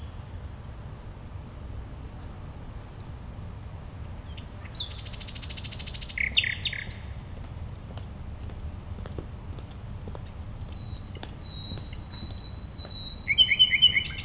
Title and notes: eine nachtigall am spielplatz gartenstraße, a nightingale at playground, gartenstraße